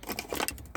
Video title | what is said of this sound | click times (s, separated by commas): Nissan Rogue traction warning light diagnosis and steering angle sensor repair | right there that just snaps back in | 0.8 s